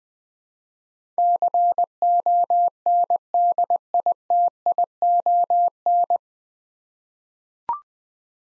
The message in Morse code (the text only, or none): CONDITION